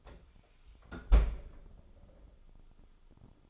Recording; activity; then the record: daily activity, microphone in the room; close fridge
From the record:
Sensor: 5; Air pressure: 988.5 hPa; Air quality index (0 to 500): 218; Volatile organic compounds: 122 ppm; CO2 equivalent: 3887 ppm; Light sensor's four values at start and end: 44/132/52/55 and 43/132/51/55